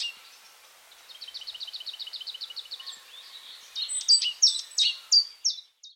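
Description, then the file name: Great tit calls: a soft, rapid ticking series for about two seconds, followed by louder, harsh, clipped notes repeated roughly every third of a second. "Parus major"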